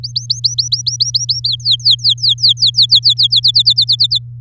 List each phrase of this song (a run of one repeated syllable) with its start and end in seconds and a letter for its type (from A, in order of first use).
0.03-1.40 A, 1.44-3.27 B, 3.30-4.18 C